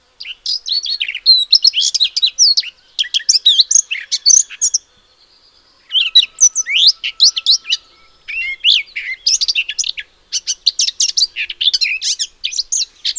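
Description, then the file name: Eurasian blackcap song in several long bursts of quick scratchy warbling and thin whistles, separated by short silent gaps. "Sylvia atricapilla"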